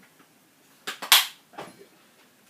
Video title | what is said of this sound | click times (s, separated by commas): Cleaning out the Dyson Ball Vacuum Cleaner... 92DCF9DC D9C7 4292 A846 0627D47426A9 | it clicks and then that that is secure again now | 1.1 s